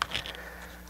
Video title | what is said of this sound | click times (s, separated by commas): Vforce Grill 2.0 Now Available! - PB Sports New Product Alert - | what's nice is it kind of snaps into place you don't got to worry about anything crazy | 0.0 s